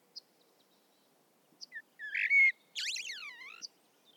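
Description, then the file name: Common blackbird singing one phrase, a fluty low whistle followed by a high, scratchy twittering flourish. "Turdus merula"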